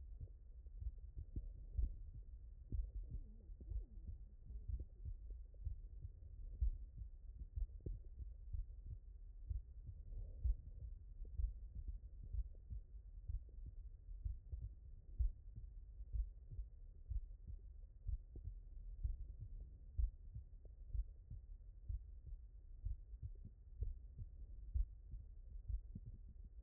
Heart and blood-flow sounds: heart sounds by stethoscope; mitral valve (MV)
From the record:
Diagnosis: non-HFrEF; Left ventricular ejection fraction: 56%

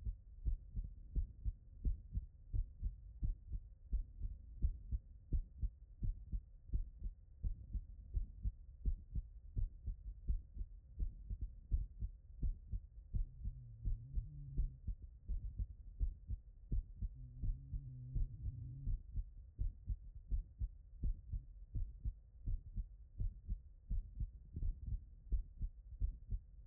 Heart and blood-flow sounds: heart sounds by stethoscope; tricuspid valve (TV)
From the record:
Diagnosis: HFrEF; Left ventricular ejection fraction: 28%

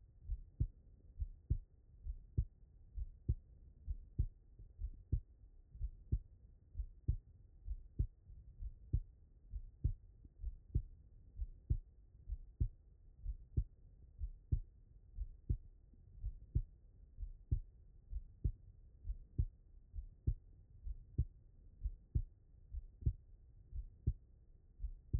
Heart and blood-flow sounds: heart sounds by stethoscope; pulmonary valve (PV)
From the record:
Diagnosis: non-HFrEF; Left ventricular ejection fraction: 57%

